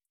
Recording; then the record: hydrophone in a shrimp aquaculture tank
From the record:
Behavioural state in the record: feeding